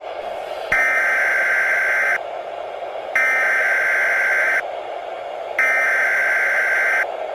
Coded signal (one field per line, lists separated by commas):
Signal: Emergency Alert System (SAME) tones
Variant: header bursts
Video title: (FIXED!) EAS Mock - Tornado Warning For San Francisco